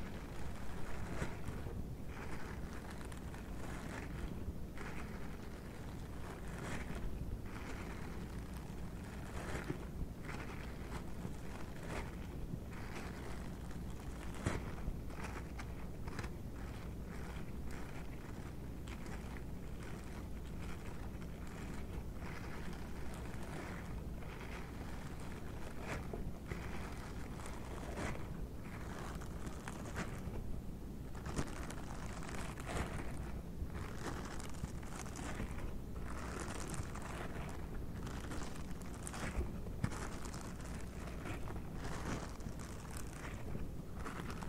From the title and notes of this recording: ASMR GLOVES SOUNDS - DISHWASHING GLOVES, EAR MASSAGE, GLOVES SCRATCHING - NO TALKING.